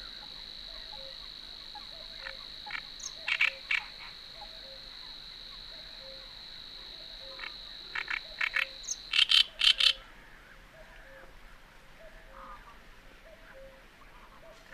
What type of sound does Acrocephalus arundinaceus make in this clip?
song